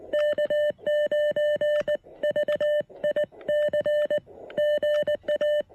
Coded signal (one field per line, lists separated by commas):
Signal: Morse code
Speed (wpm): 19 wpm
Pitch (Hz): 600 Hz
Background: music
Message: K9VIC GA